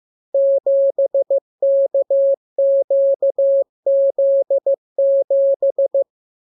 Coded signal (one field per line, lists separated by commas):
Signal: Morse code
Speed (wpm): 15 wpm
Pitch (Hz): 550 Hz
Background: none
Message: 7KQZ7